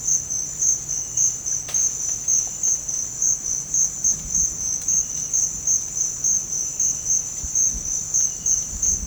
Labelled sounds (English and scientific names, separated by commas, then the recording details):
none
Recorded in dense forest near Puerto Asís, Putumayo, Colombia, on 21 December 2024 at 06:30
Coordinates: 0.481, -76.323
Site G100